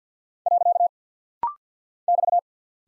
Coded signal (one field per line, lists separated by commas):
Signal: Morse code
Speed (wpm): 48 wpm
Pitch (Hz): 700 Hz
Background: none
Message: . <BT>